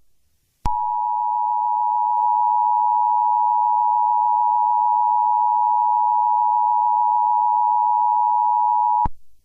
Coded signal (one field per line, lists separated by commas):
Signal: Emergency Alert System (SAME) tones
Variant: 853 and 960 Hz attention tone